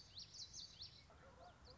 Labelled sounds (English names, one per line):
Common Yellowthroat